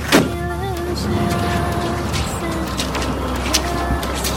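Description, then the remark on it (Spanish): A single car door thuds at the start as a driver gets out of a broken-down car by the road during a storm with heavy rain, then a steady wash of noise carries on with faint, wavering whistle-like tones and a few soft knocks. “La tormenta arreciaba y, en vista de que el coche no arrancaba y que la espera sería larga, al ver el cartel de un hostal, decidió dejar su coche y esperar allí a la grúa.”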